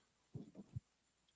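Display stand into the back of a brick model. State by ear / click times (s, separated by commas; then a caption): not seated / none. A plastic display stand is slid into a hole in the back of a brick-built model, making a few dull, low thumps between about 0.3 and 0.8 seconds. There is no clear click: the stand is in place, but it has not clicked, and the sound is disappointingly soft.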